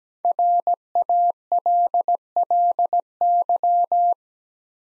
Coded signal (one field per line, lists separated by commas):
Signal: Morse code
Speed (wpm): 17 wpm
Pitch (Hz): 700 Hz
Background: none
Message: RALLY